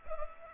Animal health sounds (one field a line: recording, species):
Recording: mosquito wingbeat signal from an infrared sensor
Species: Culex pipiens